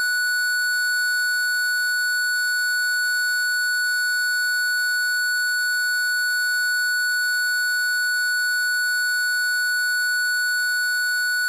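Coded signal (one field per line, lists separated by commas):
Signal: alarm pattern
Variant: parking sensor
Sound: one unbroken steady electronic tone, about 1.5 kHz, lasting the whole clip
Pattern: 1 continuous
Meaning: A continuous tone means the object is at the nearest distance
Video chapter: 00:31 sound at the nearest distance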